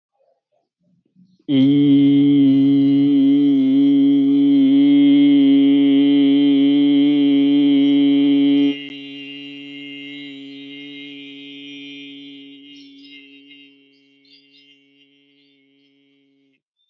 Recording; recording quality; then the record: sustained vowel as in beet; moderate, slight background noise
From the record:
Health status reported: healthy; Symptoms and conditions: none ticked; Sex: male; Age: 25 years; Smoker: not ticked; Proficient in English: yes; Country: India